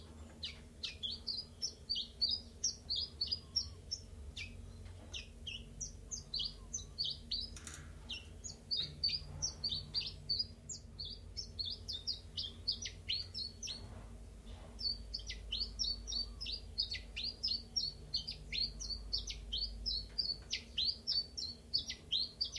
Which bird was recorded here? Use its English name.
Common Chiffchaff